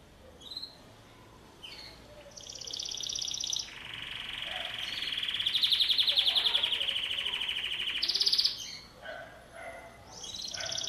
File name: Canary Sound